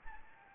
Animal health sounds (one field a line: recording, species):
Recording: mosquito wingbeat signal from an infrared sensor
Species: Anopheles gambiae